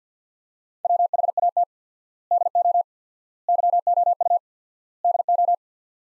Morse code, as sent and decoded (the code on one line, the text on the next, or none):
.-- .... .- - / -.. --- / -.-- --- ..- / -.. ---
WHAT DO YOU DO